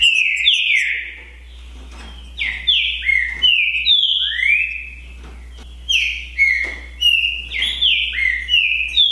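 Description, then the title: Green-winged saltator song: rich whistled phrases in quick runs, with notes stepping down and sweeping upward, and a steady low hum throughout. Two birds in a song contest during the 2022 season, chirping, singing and giving assertive male song in the dispute. "TRINCA Piando, Cantando E Macheando Na DISPUTA. ISSO SIM!! É UMA DISPUTA DE TRINCA FERRO PERFEITA!! NAVAL VS DEMOLIDOR 2022! TEMPORADA 2022!"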